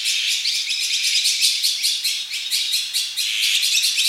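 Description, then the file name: Azure-winged magpie giving harsh, rasping calls in a fast, nearly continuous chatter that swells and dips throughout. "onaga"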